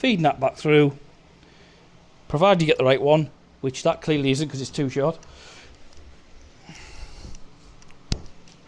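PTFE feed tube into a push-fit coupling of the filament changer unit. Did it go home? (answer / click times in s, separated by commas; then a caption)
yes / 8.1 s. Someone talks while a PTFE filament feed tube is pushed back through into its push-fit coupling in a 3D printer's filament changer unit. A sharp, loud click at 8.1 s marks the tube seating, and a tug on the tube confirms it is held in place.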